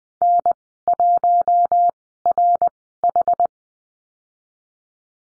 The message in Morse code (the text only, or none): N1RH